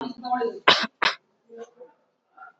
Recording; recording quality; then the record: shallow voluntary cough; excellent, no background noise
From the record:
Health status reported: exposed to COVID-19, no respiratory illness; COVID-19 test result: negative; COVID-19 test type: RT-PCR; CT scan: not taken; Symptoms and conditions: cold, fever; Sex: female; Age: 24 years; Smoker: no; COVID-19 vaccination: one dose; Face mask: worn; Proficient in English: yes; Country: India